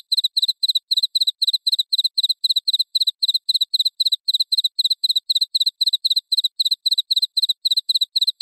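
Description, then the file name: Cricket giving a constant run of shrill, pulsed chirps, evenly spaced throughout. Cricket chirping sound intended for repelling rats. "suara jangkrik pengusir tikus"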